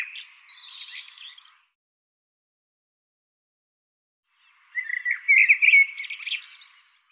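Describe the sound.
Bird song in two bursts separated by several seconds of silence. Each burst is a jumble of quick chirps and trilled, buzzy notes.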